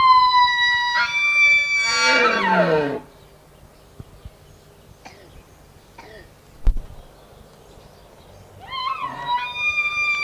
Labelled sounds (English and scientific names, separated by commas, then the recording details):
Wapiti (Cervus canadensis) call
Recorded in captivity
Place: Tierpark Berlin, Berlin, DE
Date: 1980-10-11 12:39
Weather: sunny, 5-8°C, no wind
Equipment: Nagra SN, Kopie Uher 4200 Report Stereo
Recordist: Tembrock, Günter
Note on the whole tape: Altai-Maral: Rufe